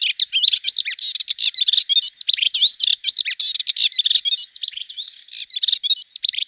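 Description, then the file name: Hippolais warbler song: a fast, continuous babble of chattering, twanging and sweeping whistled notes, varied and unbroken throughout. "hypolais"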